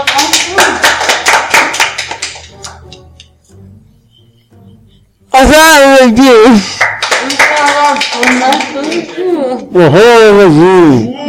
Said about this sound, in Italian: Bravissimo, un applauso, dai. Un applauso, veloce.